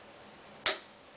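A loaded metal bobbin case, held so its arm lines up with the matching notch, is pushed into the bobbin area of a sewing machine's hook assembly. A single sharp snap sounds at 0.7 s, rising well above the quiet background and fading over about a tenth of a second. The bobbin case is seated.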